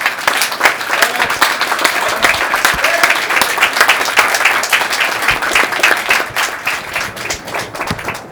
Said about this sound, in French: Je voudrais vous demander de les applaudir parce que ça n'a pas été facile.